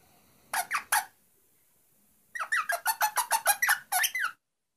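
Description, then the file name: Rosella giving a few quick squeaky notes, then after a pause a fast run of many chirping, twittering notes. "Canto da Rosela"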